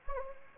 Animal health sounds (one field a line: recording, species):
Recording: mosquito wingbeat signal from an infrared sensor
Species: Anopheles gambiae